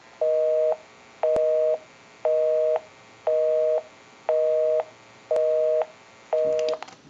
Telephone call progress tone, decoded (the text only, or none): busy tone